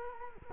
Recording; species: mosquito wingbeat signal from an infrared sensor; Culex quinquefasciatus